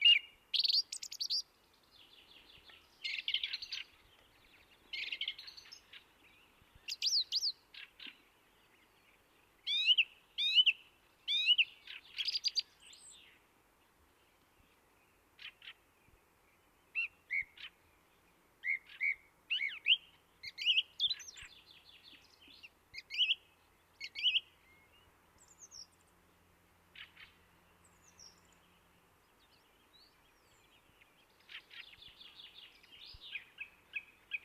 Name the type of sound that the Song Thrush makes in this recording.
song